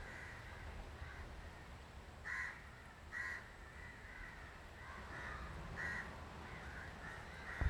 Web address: travelogue 2018 South India street recordings crows